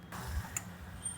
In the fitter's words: है अब यह लॉक हो गया है थोड़ा सा आगे पीछे करना पड़ता है हैंडल अब देखो यह पूरा लॉक हो गया है